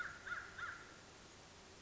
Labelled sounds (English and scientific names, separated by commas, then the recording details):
American Crow (Corvus brachyrhynchos)
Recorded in Sonoma County, California